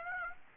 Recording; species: mosquito wingbeat signal from an infrared sensor; Aedes aegypti